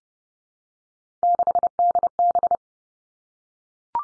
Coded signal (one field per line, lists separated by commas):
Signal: Morse code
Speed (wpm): 30 wpm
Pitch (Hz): 700 Hz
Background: none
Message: 6DB